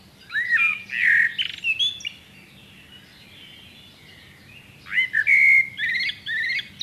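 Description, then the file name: Common blackbird singing mellow, varied whistled phrases that end in thin squeaky flourishes, with a quieter warbling passage between the two louder bursts. "Turdus merula"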